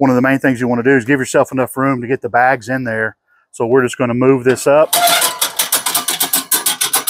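Someone talks, then raises the metal cooking grate on a Primal Grill PG-LF40 live fire charcoal grill to make room for bags of Jealous Devil charcoal briquettes. The grate lift mechanism in the grill body makes a run of metallic rasping hits from about 4.9 s, with sharper hits at 5.6, 6.3, 6.5 and 6.9 s. The clip ends before the lift locks in its raised position, so nothing has seated yet.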